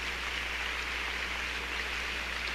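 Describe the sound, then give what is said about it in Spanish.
An audience in Jalapa applauds in a sustained ovation after the Orquesta Sinfónica de Jalapa's premiere performance of Respighi's Ancient Airs and Dances Suite No. 2, a dense, steady crackle of many hands clapping at once, holding an even loudness throughout with no voices. “Escuchamos la ovación nutrida justamente por esta obra maravillosa que, le comento, es un estreno en Jalapa.”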